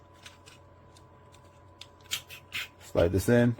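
Someone handles a SmallRig Pro foldable V-mount battery plate kit, with an Arca QR plate and bracket, sliding the battery plate's mounting piece toward the locking slot on the camera rig bracket. Light scrapes and small taps are heard, with sharper contacts around 1.8 s and 2.1 s, and someone talks near the end. Nothing has seated or clicked yet.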